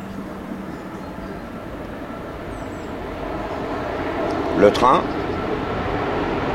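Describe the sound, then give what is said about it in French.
A train rolls past with a steady, broad rumble that swells slightly over several seconds, topped by a brief brighter clatter near the end before settling back into the continuous roar. “Le train qui passe.”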